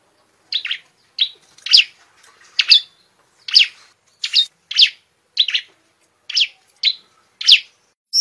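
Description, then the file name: Bar-winged prinia singing a series of short, sharp, high chirps with brief gaps, about a dozen notes, otherwise quiet. "suara burung ciblek semi"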